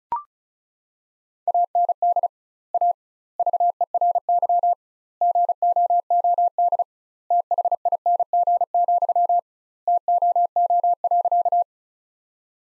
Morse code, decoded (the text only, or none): AND A VERY GOOD THING, TOO.